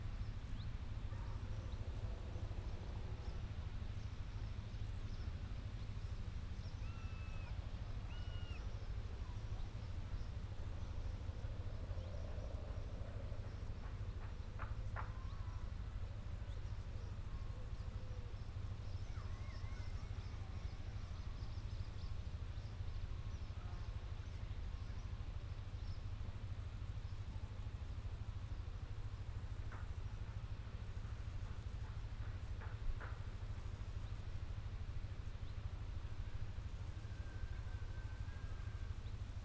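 Country sounds outdoors, with a steady low rumble and a constant soft hiss running under the whole scene. A few faint bird chirps come early on, and scattered clanks and knocks sound around fifteen seconds and again near the half-minute mark.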